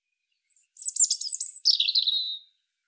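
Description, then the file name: European robin song, a single rapid high phrase of tinkling notes that drops into a lower, slurred warble before fading. "Erithacus rubecula"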